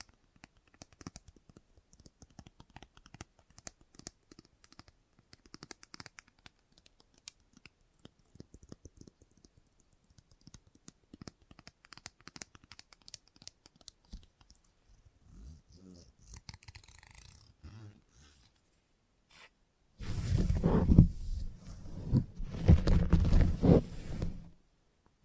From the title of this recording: Salon Haircut Head Massage, Scissors and Clipper